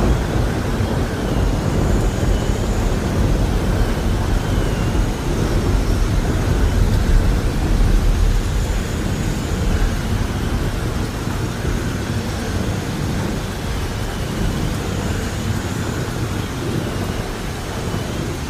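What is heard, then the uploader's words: Steady rain fills the recording, a dense, even hiss with a heavy low rumble underneath that could be thunder or wind. Faint, high chirping tones recur every few seconds in the background, possibly birds. The level stays nearly constant throughout. Soothing rain sounds.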